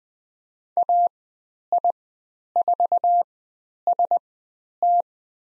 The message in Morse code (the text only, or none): AI4ST